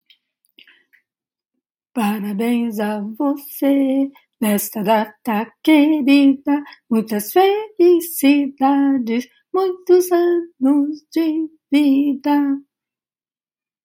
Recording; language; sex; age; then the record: short text; Brazilian Portuguese; female; 80 to 89 years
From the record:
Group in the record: control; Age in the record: 82 years